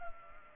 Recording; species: mosquito wingbeat signal from an infrared sensor; Culex pipiens